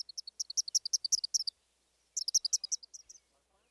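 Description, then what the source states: Eastern Kingbird song: rapid string of very high sputtering notes, a pause, then another stuttered burst with sharp accents. High-pitched song, stuttered with punctuated accents; variable notes sound like electrical sparks jumping between two wires.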